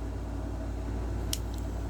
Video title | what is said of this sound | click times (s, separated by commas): How to Disassemble and Reassemble a Zebco 600 | until it snaps back in like that | 1.3 s